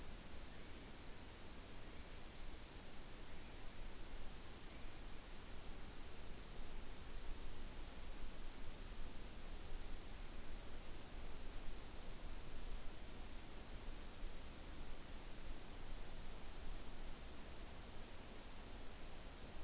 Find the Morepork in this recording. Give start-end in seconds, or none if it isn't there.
none